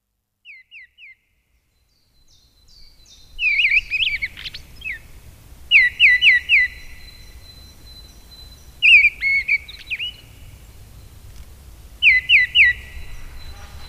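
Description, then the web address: Mistle thrush song: short phrases of three quick downslurred whistled notes. The phrases come every two to three seconds, with a thin high steady tone above and faint low rumble. "agykontroll Madardalok Cd 1. Léprigó"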